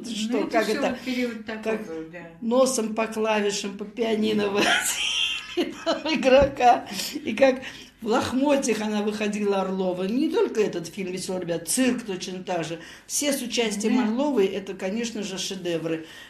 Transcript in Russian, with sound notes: Ну это все период такого, да……
Как носом по клавишам, по пианино его повозили, [смеётся] игрока, и как в лохмотьях она выходила, Орлова... И не только этот фильм, «Весёлые ребята», «Цирк» точно также, все с участием Орловой — это, конечно же, шедевры.